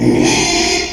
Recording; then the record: squeal of a Yucatan mini pig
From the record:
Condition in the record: after surgery on the right vocal fold (resection and tissue-engineered implant); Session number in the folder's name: 2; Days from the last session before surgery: 13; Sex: male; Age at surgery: 12 weeks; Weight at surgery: 13 kg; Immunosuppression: cyclosporine, prednisolone